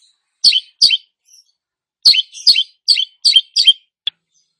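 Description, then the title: Long-tailed shrike giving sharp, falling chirps: two, a pause of about a second, then a run of five, ending with a short click. Bird described as "gacor", Indonesian term for a bird singing vigorously and continuously. "Cendet Gacor 2"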